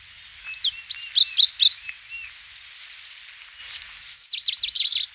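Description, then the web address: Northern Rufous-naped Brush-Finch giving a string of high rising-falling whistled notes, then a burst of sharp, rapid sweeping notes. Ecuador. "Birds of Ecuador. Northern Rufous-Naped Brush-Finch"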